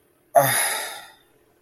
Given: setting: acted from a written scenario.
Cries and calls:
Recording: vocal sound without words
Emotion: disappointment

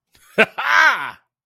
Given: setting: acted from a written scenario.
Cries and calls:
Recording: vocal sound without words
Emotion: triumph

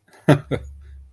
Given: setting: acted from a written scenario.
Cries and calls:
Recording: vocal sound without words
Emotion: amusement

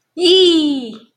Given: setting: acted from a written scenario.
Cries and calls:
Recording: vocal sound without words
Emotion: triumph

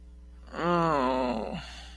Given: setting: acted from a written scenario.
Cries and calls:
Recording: vocal sound without words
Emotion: disappointment

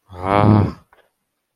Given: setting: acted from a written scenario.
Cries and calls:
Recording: vocal sound without words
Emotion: anger

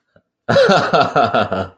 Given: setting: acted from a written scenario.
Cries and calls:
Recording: vocal sound without words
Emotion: amusement

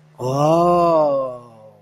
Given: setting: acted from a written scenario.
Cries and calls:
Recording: vocal sound without words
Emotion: realization

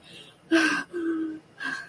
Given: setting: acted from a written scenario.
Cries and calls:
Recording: vocal sound without words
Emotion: desire

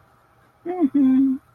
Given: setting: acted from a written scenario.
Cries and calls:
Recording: vocal sound without words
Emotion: neutral

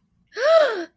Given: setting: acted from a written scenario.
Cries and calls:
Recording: vocal sound without words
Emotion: awe

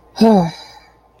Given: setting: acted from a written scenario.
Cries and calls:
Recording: vocal sound without words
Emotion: disappointment

